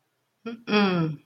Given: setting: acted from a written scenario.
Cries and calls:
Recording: vocal sound without words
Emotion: neutral

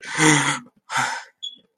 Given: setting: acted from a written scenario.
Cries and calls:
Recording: vocal sound without words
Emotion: fear

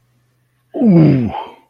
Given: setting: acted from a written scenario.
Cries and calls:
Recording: vocal sound without words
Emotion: disgust

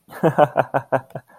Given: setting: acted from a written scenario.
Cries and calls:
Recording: vocal sound without words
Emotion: amusement

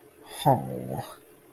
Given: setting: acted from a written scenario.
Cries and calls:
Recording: vocal sound without words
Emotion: shame

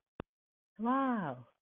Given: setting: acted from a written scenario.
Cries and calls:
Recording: vocal sound without words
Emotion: desire

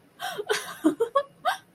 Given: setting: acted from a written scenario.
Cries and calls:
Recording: vocal sound without words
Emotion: positive surprise

